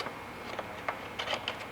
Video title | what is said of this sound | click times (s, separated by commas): How to Install the SMART MADNESS HID Lights | So that'll just snap in place. | 1.5 s